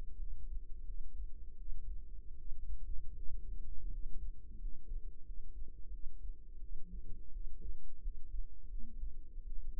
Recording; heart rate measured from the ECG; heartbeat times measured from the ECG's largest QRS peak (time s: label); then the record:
heart sounds by microphone in the right ear; 84 bpm
0.18 s: heartbeat
0.84 s: heartbeat
1.56 s: heartbeat
2.36 s: heartbeat
3.14 s: heartbeat
3.90 s: heartbeat
4.58 s: heartbeat
5.23 s: heartbeat
5.90 s: heartbeat
6.59 s: heartbeat
7.31 s: heartbeat
8.00 s: heartbeat
8.68 s: heartbeat
9.43 s: heartbeat
From the record:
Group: healthy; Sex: female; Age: 22 years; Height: 161 cm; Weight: 65.5 kg